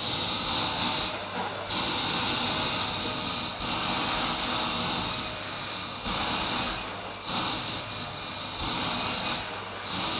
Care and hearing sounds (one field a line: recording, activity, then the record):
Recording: daily activity, microphone in the room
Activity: vacuum cleaning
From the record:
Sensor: 2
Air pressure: 991.7 hPa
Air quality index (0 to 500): 203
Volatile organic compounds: 1000 ppm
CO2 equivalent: 6707 ppm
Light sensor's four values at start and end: 19/62/24/23 and 24/77/30/28